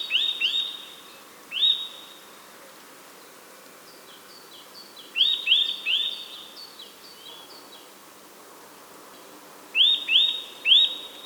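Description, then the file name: Eurasian nuthatch calls: loud rising whistled notes with a sharp upturn, given singly or in quick pairs and triplets, with long quiet gaps between. "Sitta europaea"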